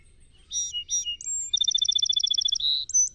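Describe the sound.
Song sparrow song opening with two bright notes and a whistled note, running into a long quick trill, a lower buzz and a final high whistle.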